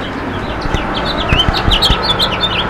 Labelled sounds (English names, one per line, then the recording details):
House Finch song
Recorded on Long Island, New York, on 23 June 2012
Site JA
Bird A